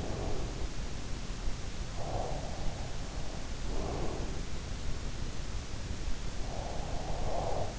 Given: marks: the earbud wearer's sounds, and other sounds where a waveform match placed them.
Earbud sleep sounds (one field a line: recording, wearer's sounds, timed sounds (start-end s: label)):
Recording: sounds in sleep by an in-ear microphone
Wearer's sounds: breath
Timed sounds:
1.75-3.95 s: breath
5.48-7.79 s: breath